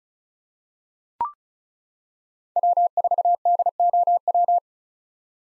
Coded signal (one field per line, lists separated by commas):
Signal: Morse code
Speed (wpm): 34 wpm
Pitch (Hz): 700 Hz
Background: none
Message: W4DOW